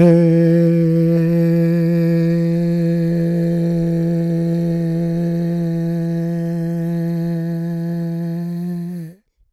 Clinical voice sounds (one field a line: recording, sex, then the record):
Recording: sustained vowel /e/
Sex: male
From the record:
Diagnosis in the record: Parkinson's disease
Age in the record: 77 years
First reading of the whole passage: 65 s, 8.0 characters per second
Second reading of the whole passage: 61 s, 8.5 characters per second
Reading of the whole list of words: 50 s, 5.6 characters per second